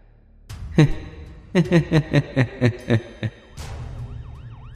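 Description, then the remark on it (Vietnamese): An ambulance siren sounds in a rapid string of loud, harmonic, falling electronic pulses, about eight in a row, then shifts into a steady, wavering high-pitched wail. “Tiếng xe cứu thương vang lên.”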